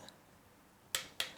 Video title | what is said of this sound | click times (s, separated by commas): New Parts Going On! - Honda CBR1000rr FireBlade Project Bike Rebuild - Part 2 | what is recommended so should hear a click | 1.0 s, 1.2 s